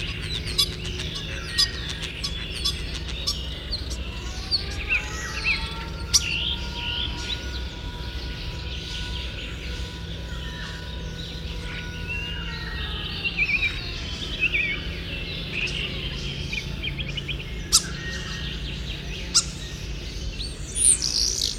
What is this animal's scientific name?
Sturnus vulgaris